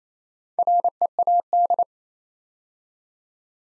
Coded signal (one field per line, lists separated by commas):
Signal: Morse code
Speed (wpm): 27 wpm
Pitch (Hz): 700 Hz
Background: none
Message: READ